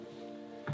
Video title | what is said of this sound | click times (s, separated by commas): The Next Gen Outlander PHEV Walkthrough (new edit) | it's now locked into place the light will turn green | 0.7 s